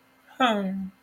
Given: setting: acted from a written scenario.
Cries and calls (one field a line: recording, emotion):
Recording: vocal sound without words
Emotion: embarrassment